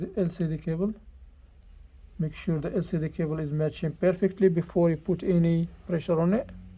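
Someone talks while handling the LCD flex cable connector over its socket on the mainboard of a Samsung Galaxy S10 5G SM-G977U phone, lining it up before pressing down. The clip has only speech with a pause near 1 to 2 seconds, and no click is heard. The connector has not snapped into place yet; nothing has seated.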